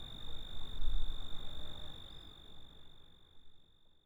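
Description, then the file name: Cricket produces an even, sustained high-pitched trill, while low background rumble fades toward the end. "Grillo (Cricket)"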